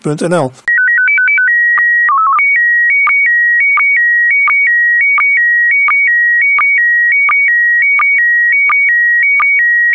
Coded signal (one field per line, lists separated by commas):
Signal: SSTV (slow-scan television)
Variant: PD 90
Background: speech